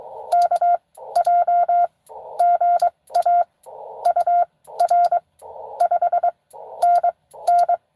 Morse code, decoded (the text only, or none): KJ GA UR 5NN